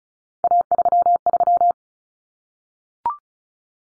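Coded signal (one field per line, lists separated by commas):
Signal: Morse code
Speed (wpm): 34 wpm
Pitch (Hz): 700 Hz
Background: none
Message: A33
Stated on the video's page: Head-copy drill at 35 wpm of three-digit cut numbers, using T, A, N for 0, 1, 9, each sent, spoken, then sent again.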